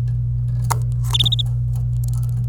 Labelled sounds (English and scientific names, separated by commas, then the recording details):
Domestic Canary (Serinus canaria) song
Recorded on 26 April 2018 at 08:32
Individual llb3